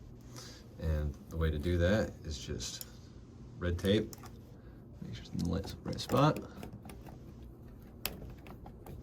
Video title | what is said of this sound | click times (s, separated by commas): How to replace a flow sensor on a Bottoms Up draft beer system | make sure it clicks into place there | 8.1 s